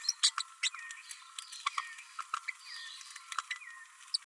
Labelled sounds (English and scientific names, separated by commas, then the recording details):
Green-rumped Parrotlet (Forpus passerinus) babbling
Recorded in a nest box in Venezuela
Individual 18B12A1